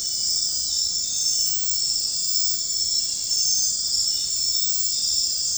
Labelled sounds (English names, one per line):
none